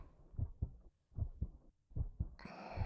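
Deep, paired thumps repeat steadily at roughly 75 beats a minute, the familiar lub-dub of an adult heartbeat heard close up. A burst of rustling noise enters near the end.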